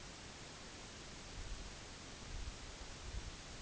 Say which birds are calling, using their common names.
none